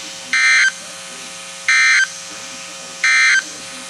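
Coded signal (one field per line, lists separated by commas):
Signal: Emergency Alert System (SAME) tones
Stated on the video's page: Severe Thunderstorm and Special Marine Warnings received from NOAA Weather Radio transmitters.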